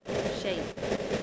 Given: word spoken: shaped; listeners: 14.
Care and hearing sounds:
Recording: one English word in noise, from a listening test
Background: noise modulated by three-talker babble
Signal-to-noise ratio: -5.7 dB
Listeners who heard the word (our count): 3 of 14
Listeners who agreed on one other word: 8 of 14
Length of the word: 0.83 s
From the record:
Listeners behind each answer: 8, 3, 3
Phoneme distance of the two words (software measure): 7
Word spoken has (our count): 1 syllable, 4 phonemes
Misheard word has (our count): 1 syllable, 3 phonemes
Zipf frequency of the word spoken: 4.30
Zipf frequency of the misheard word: 4.90

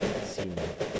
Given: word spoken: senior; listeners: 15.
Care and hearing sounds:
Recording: one English word in noise, from a listening test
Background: noise modulated by three-talker babble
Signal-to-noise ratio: -3.6 dB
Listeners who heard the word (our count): 0 of 15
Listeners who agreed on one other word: 8 of 15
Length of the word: 0.59 s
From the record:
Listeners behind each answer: 8, 6, 1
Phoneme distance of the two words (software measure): 7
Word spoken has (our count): 2 syllables, 4 phonemes, stress on syllable 1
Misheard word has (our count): 1 syllable, 3 phonemes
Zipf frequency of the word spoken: 4.62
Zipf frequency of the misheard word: 5.65

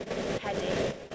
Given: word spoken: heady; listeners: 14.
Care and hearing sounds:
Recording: one English word in noise, from a listening test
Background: noise modulated by three-talker babble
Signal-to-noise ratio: -7.3 dB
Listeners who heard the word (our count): 3 of 14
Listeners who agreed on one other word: 10 of 14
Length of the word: 0.75 s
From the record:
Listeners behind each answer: 10, 3, 1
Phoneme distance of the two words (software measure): 17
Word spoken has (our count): 2 syllables, 4 phonemes, stress on syllable 1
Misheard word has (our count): 2 syllables, 5 phonemes, stress on syllable 1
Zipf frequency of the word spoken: 3.26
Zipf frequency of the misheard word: 4.78

